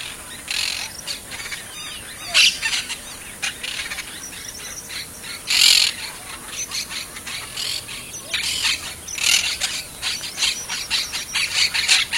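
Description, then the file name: Monk parakeet calls: a long stream of raspy, noisy squawks and chatters at an uneven pace, with several louder harsh shrieks standing out. "canto de caturrita"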